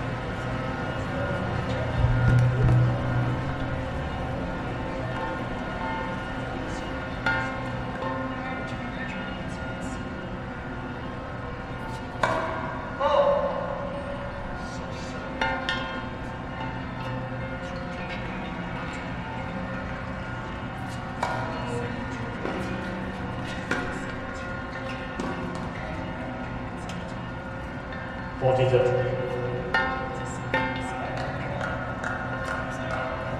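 Steady crowd murmur and low droning hum at the US Open tennis tournament, with scattered sharp knocks and louder bursts near 2, 13 and 29 seconds.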